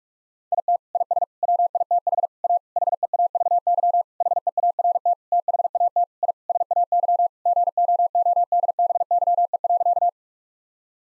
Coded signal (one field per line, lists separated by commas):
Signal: Morse code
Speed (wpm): 41 wpm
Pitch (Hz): 700 Hz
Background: none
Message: IT IS WITH A HEAVY HEART THAT I SAY GOODBYE.